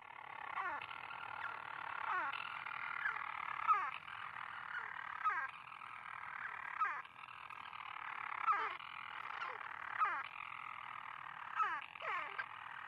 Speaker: Early in the evening, a single storm petrel makes its call.